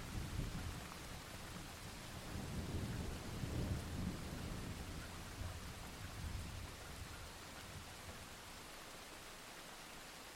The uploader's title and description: Soothing Thunderstorm. The soothing sounds of a summer thunderstorm